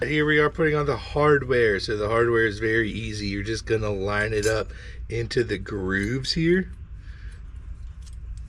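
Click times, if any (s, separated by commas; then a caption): none. A metal brake pad abutment clip is lined up into the grooves of the caliper bracket during a 2014-2018 GMC Sierra / Silverado rear brake pad and rotor replacement. Someone talks for most of the clip, then there are faint metallic ticks near the end. The clip is only being positioned and has not been pressed down, so nothing has seated or clicked yet.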